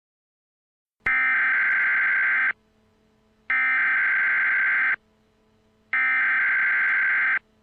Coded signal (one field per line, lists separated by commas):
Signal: Emergency Alert System (SAME) tones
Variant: header bursts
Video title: Real Tornado Emergency Alert | Van Buren, Missouri | 3-14-2025 | EAS Mock